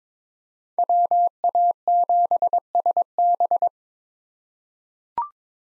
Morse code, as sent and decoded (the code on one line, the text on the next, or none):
.-- .- --... ... -...
WA7SB